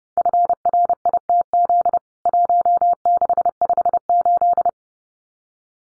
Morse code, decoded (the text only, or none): FRITZ 1658